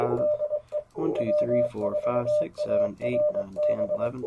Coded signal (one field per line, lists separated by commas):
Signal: Morse code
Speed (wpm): 23 wpm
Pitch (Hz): 590 Hz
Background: speech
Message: DE W4ARB